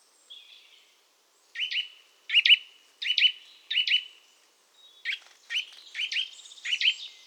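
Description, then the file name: Eurasian nuthatch giving sharp paired call notes, repeated in a steady series after a faint opening note. "Sitta europaea"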